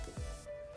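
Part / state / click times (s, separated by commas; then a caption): taillight harness plug into factory wiring connector / not seated / none. The LED taillight with black housing and clear lenses for a 2007-2018 Jeep Wrangler JK has its plastic wiring plug handled at the vehicle's factory connector on the right-hand, passenger side. A low rumble and a brief soft handling noise are heard under a steady high tone. Nothing has seated or clicked yet.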